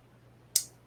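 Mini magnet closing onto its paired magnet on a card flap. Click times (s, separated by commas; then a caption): 0.6 s. A small magnet with a mini glue dot on it, for a magnetic card closure on a card flap, is brought close to its paired mini magnet. They snap together with one sharp, loud, bright click at 0.6 s over a faint low hum, and the magnets are seated together.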